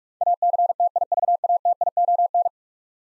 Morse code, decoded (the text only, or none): ACTIVATION